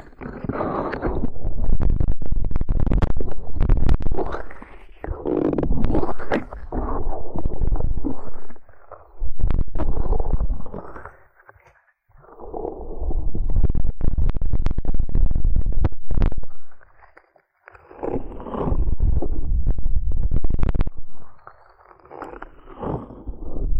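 Ear cleaning massage with muffled, rubbing rumbles that swell and fade in long pushes, broken by brief silences near 9, 11, 17 and 21 seconds. Sharp little clicks and crackles pop through often, and the overall sound is low and dull.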